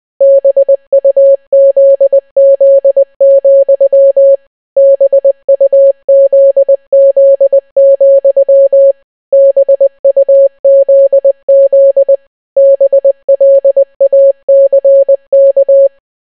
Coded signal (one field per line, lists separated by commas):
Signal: Morse code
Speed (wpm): 20 wpm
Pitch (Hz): 550 Hz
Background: none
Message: BUZZ, BUZZ, BUZZ BLACK